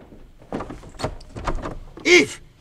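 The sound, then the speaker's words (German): A locked bathroom door is tried and rattled in several quick, clattering bursts, ending with a short, higher-pitched squeak or strained sound near the end. “Die Tür ist verschlossen, wir müssen sie aufbrechen.”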